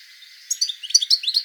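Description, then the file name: European goldfinch calls: a rapid, bright twitter of short, high tinkling notes that starts midway and runs to the end. "Carduelis carduelis"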